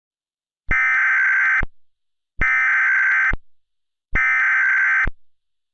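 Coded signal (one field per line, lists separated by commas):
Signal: Emergency Alert System (SAME) tones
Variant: header bursts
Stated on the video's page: Fictional EAS scenario.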